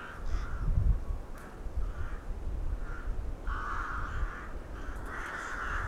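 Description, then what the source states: Crow caws, scattered harsh calls early, then longer louder caws toward the end, over a background of low rumble. Several crows recorded in Hernals, Vienna, in December 2021.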